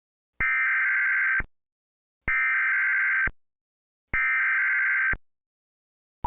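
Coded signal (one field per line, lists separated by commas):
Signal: Emergency Alert System (SAME) tones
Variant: header bursts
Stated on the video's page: Fictional EAS scenario, not a real alert.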